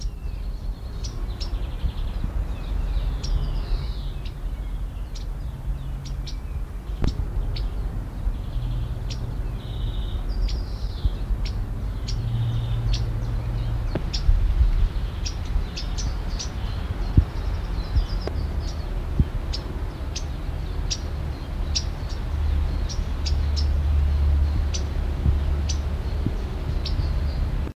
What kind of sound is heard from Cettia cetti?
alarm call